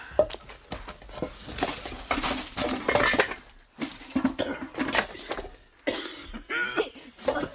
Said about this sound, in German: Gott, …, Sie haben schon besser gehustet. Der Staub.